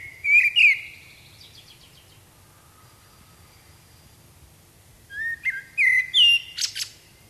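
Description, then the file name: Common blackbird song: a brief fluty phrase with a squeaky tail, a long pause, then a longer phrase of whistled notes ending in thin high squeaks. "Turdus merula"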